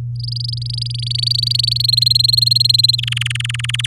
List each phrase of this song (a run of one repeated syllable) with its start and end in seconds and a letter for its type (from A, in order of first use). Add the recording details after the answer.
0.16-1.86 A, 1.88-2.96 B, 2.98-3.87 C. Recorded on 8 May 2018 at 10:08. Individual llb16